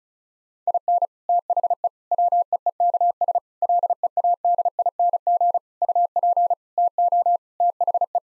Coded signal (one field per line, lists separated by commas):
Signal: Morse code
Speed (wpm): 36 wpm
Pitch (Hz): 700 Hz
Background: none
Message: IN THE WEEKS LEADING UP TO THE